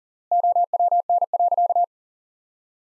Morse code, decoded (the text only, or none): OWN.